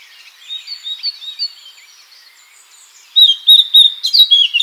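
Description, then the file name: Eurasian blackcap singing, a soft quiet warble first, then after a pause a loud, rich fluting phrase of clear whistled notes. "Sylvia atricapilla"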